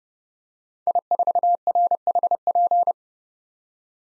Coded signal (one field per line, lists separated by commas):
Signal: Morse code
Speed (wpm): 30 wpm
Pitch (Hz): 700 Hz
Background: none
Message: I4RHP